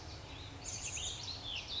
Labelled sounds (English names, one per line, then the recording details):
Chestnut-backed Chickadee
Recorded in Sonoma County, California